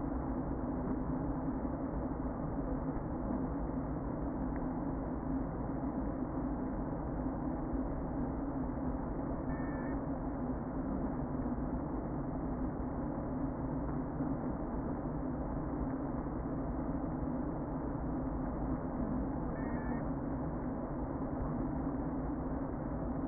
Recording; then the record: honeybee colony, microphone inside the hive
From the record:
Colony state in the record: queen present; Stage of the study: before two queens were removed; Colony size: about 60,000 bees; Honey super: yes